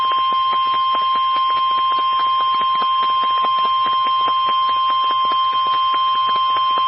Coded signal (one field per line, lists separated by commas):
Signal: Emergency Alert System (SAME) tones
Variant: 1050 Hz attention tone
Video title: EAS 2005-2023 (6/22 - 7/17/22)